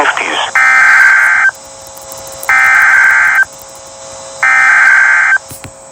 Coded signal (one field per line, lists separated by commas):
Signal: Emergency Alert System (SAME) tones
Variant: header bursts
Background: speech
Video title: Flash Flood Warning for Fairfield County CT 9/29/2023 EAS #4